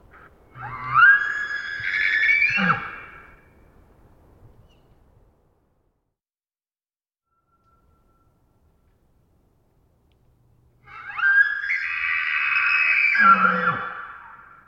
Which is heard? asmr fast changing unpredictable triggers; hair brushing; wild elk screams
wild elk screams